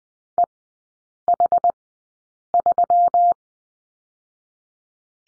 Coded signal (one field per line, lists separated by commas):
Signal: Morse code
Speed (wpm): 20 wpm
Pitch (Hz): 700 Hz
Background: none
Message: EH3